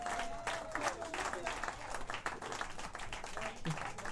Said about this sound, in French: moment de les applaudir, s'il vous plaît.